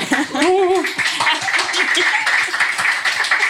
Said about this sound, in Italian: Applauso.